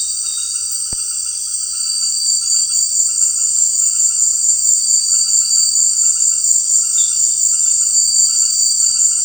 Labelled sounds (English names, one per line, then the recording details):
none
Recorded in secondary vegetation near Puerto Asís, Putumayo, Colombia, on 4 March 2025 at 18:30
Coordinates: 0.499, -76.323
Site G094